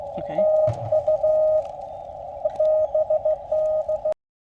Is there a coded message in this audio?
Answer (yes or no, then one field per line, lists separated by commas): yes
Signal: Morse code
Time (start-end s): 0.4-4.1 s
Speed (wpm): 15 wpm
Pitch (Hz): 620 Hz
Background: speech, radio noise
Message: TU BD